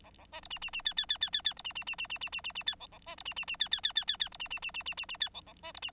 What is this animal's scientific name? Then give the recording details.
Lonchura striata domestica. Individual Bird9